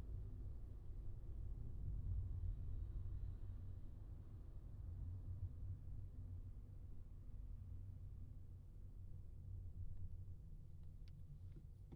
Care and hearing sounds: everyday scene through a hearing-aid microphone; in a vehicle; engine, highway traffic jam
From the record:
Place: Skoda Fabia, gasoline engine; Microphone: in the ear canal, left

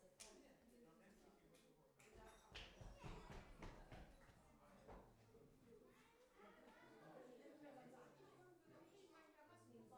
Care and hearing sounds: everyday scene through a hearing-aid microphone; many people talking; footsteps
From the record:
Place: parish hall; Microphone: behind the ear, left, rear

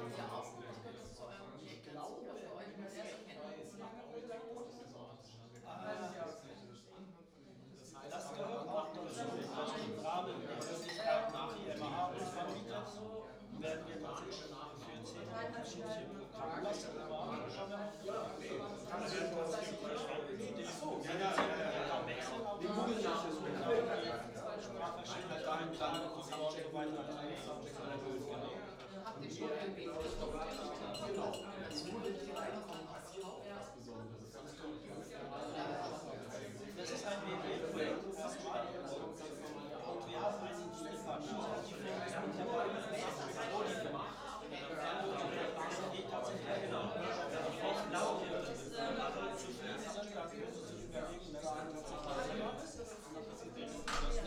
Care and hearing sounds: everyday scene through a hearing-aid microphone; many people talking; many voices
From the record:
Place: bistro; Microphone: in the ear canal, right

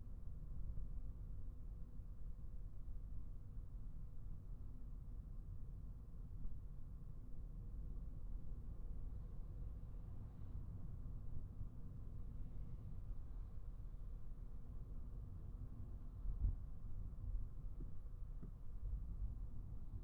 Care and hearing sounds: everyday scene through a hearing-aid microphone; in a vehicle; engine, traffic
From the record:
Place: Skoda Fabia, gasoline engine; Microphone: behind the ear, right, rear

